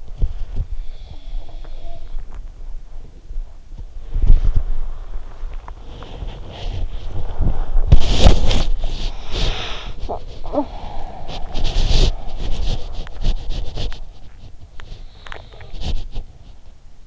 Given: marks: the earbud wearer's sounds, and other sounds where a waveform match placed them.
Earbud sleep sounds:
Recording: sounds in sleep by an in-ear microphone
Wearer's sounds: body movement, talking in sleep, teeth grinding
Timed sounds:
0.00-17.06 s: body movement
0.76-2.24 s: sound from someone else or the room
9.89-10.99 s: talking in sleep
14.72-15.78 s: teeth grinding

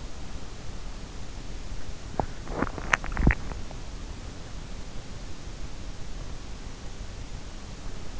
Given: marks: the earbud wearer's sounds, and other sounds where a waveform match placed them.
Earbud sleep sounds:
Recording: sounds in sleep by an in-ear microphone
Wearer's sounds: teeth grinding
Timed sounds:
1.98-4.42 s: teeth grinding

